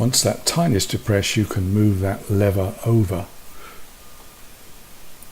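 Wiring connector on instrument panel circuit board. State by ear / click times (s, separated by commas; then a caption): released / 5.2 s. Someone talks, then, after a small tab is pressed, the lever on the plastic wiring connector of a Jaguar XK8 instrument panel circuit board is swung all the way over. It gives a short, faint click at 5.2 s. This unlocks the connector and jacks it out, releasing it.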